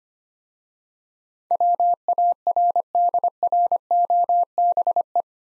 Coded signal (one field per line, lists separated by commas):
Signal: Morse code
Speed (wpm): 27 wpm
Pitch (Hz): 700 Hz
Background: none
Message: WARDROBE